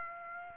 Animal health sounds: mosquito wingbeat signal from an infrared sensor; Aedes aegypti

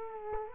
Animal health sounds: mosquito wingbeat signal from an infrared sensor; Culex quinquefasciatus

